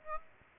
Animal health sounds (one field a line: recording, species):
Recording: mosquito wingbeat signal from an infrared sensor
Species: Aedes aegypti